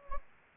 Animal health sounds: mosquito wingbeat signal from an infrared sensor; Anopheles gambiae

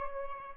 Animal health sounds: mosquito wingbeat signal from an infrared sensor; Aedes albopictus

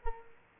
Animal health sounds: mosquito wingbeat signal from an infrared sensor; Culex quinquefasciatus

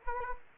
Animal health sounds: mosquito wingbeat signal from an infrared sensor; Anopheles arabiensis

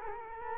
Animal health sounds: mosquito wingbeat signal from an infrared sensor; Culex quinquefasciatus

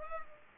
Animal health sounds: mosquito wingbeat signal from an infrared sensor; Culex pipiens

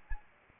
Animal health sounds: mosquito wingbeat signal from an infrared sensor; Anopheles arabiensis

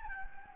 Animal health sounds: mosquito wingbeat signal from an infrared sensor; Anopheles gambiae

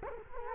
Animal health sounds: mosquito wingbeat signal from an infrared sensor; Culex quinquefasciatus

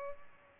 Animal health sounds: mosquito wingbeat signal from an infrared sensor; Culex pipiens

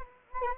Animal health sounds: mosquito wingbeat signal from an infrared sensor; Anopheles gambiae

